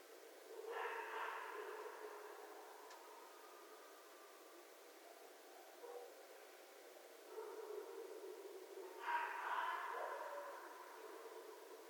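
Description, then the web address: Red fox making raspy, breathy screams, one early and one late, with quieter low calls between them. Recorded 11 January 2012. "sounds mammals Red Fox 2012 01 11 Red Fox long"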